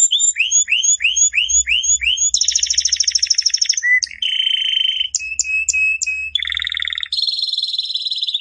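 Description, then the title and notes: Canary song opening with repeated downward-sweeping whistles, then dense buzzy trills, sharp chips, and steady rolling trilled phrases at several pitches. Canary master song used as a training model for other canaries. "Suara Burung Kenari Masteran. master suara burung kenari mantap"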